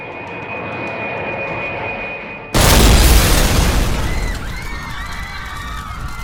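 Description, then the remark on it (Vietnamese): A hijacked jet airplane roars steadily with a thin high whine, then a sudden loud crashing explosion bursts in as it hits the World Trade Center on 11 September 2001, trailing into a sustained rumble with faint wavering high tones. “Một tiếng sau đó, hai chiếc máy bay bị không tặc nắm giữ đã đâm thẳng vào trung tâm thương mại thế giới.”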